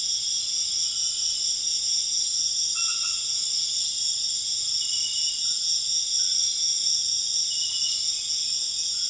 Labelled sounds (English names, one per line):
none